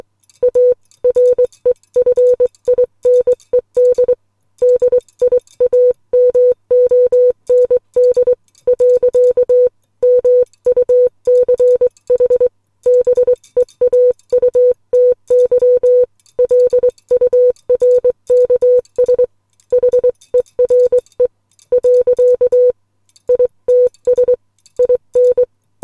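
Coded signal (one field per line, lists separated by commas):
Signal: Morse code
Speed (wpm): 21 wpm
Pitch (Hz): 500 Hz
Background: music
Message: A REFINED DIAMOND . MUCH BEAUTY LURKS HERE . ITS IN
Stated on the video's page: Morse code poem sent on a Les Logan SpeedX model 500 bug key.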